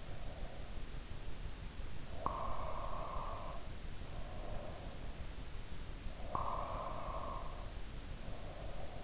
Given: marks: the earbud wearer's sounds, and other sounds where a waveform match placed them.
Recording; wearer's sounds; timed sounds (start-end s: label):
sounds in sleep by an in-ear microphone; snoring breath
2.10-4.75 s: snoring breath
6.24-9.04 s: snoring breath